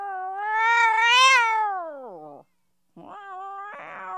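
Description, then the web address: Cat meowing: a long, loud, rising then falling yowl, then a short silence and a second, flatter, quieter meow. "animals cat"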